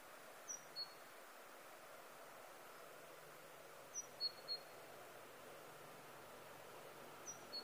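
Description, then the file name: Great tit calls: thin, high notes in short clusters of two or three, each cluster dropping in pitch, spaced a few seconds apart over a steady background hiss. "Parus major"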